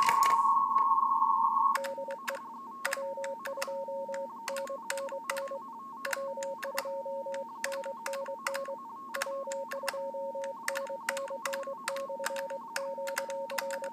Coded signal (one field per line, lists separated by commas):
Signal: RTTY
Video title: Elecraft KX3 - RTTY 20M QSO - TG9AHM W2NNN